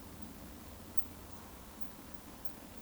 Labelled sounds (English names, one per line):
Eurasian Woodcock whistle